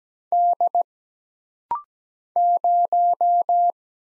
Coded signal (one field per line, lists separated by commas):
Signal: Morse code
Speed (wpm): 17 wpm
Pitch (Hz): 700 Hz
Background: none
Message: D 0